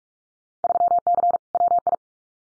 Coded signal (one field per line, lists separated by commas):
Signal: Morse code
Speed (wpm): 44 wpm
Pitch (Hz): 700 Hz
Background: none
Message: 3C WI